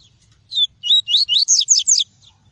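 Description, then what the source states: Double-collared seedeater song, one rapid run of around seven whistled notes, the first ones falling, the last ones shorter and higher, in quiet surroundings. Song of the "tui-tui" variety.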